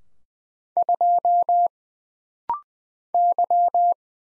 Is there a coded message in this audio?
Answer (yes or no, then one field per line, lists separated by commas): yes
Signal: Morse code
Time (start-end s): 0.8-3.9 s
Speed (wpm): 20 wpm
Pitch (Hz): 700 Hz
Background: none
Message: 2 Y